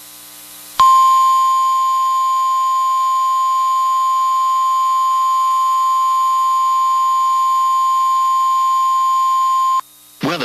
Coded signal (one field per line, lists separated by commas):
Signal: Emergency Alert System (SAME) tones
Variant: 1050 Hz attention tone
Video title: EAS #1,988 Online NOAA Weather Radio Tornado Warning 5/21/25